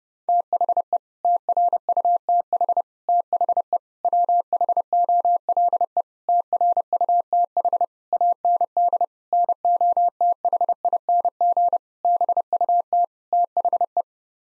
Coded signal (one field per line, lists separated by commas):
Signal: Morse code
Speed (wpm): 32 wpm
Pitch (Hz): 700 Hz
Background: none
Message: THE TRUTH THE WHOLE TRUTH AND NOTHING BUT THE